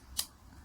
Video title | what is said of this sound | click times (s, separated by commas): Metal Robot Spirits Destiny Gundam Review | you just need to put it there till you hear a click sound there | 0.2 s